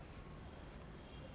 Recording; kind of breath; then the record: one breath in and out by a microphone near the nose and mouth; strong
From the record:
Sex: male